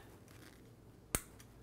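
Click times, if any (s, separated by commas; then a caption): 1.2 s. A plastic propeller is pushed onto a DJI Spark drone's motor hub and twisted, locking into place with one sharp, bright click at 1.2 s. The click stands well above a quiet, steady background, and a few faint ticks follow shortly after. The propeller is seated and locked.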